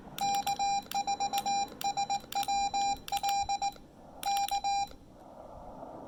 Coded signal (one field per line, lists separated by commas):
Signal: Morse code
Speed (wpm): 18 wpm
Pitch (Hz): 800 Hz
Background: none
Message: K4SWL K